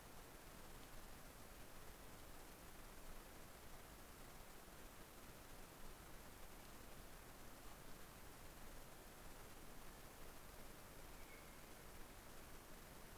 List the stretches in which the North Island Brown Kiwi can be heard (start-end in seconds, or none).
none